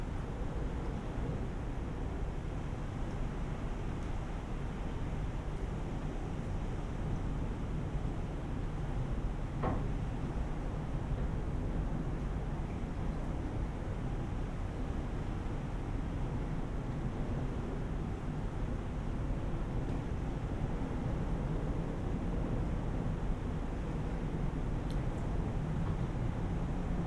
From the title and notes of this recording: Inside a bird hide. Indistinguishable shifting murmurings, of the surrounding landscape, blown in through low letterbox windows. Flurried sounds, made by internal things under external forces.